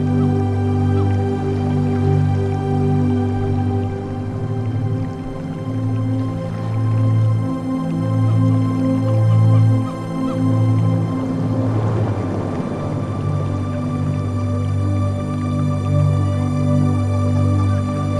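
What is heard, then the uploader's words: Music of sustained, steady droning tones with a strong low hum, broken by a brief rushing swell around twelve seconds. Music With Ocean and Jungle Sounds.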